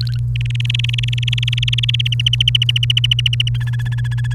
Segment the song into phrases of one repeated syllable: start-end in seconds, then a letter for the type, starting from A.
0.01-0.17 A, 0.35-2.08 B, 2.12-3.49 C, 3.54-4.34 D